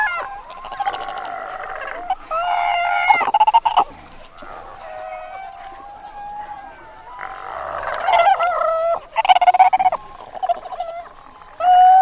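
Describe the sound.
Antarctic fur seal calls: drawn-out harmonic bleats and harsher broken cries in several bursts, with brief quieter gaps between them.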